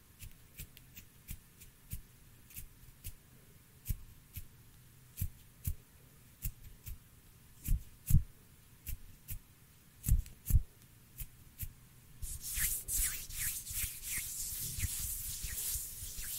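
Hand sounds: a string of short, soft taps and thumps at an irregular pace, about two per second, with a low hum underneath. From around twelve seconds the sound changes to a denser, brighter rubbing or scratching that continues to the end.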